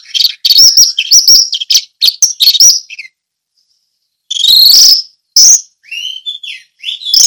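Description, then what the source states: Orange-headed thrush song of rapid, varied whistled notes, then a silent gap before fuller phrases resume. Song in the ngeplong style.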